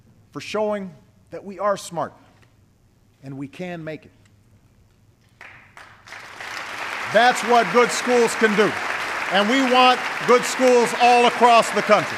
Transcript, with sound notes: for showing that we are smart and we can make it.” (Applause.) That’s what good schools can do, and we want good schools all across the country.